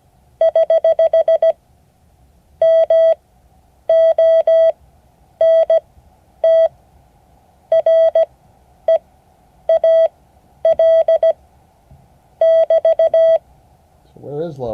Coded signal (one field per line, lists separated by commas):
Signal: Morse code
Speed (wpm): 17 wpm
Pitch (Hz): 650 Hz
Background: speech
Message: <HH> MONTREAL <BT>